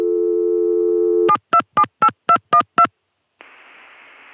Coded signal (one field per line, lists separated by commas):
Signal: DTMF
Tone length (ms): 80 ms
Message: 7278212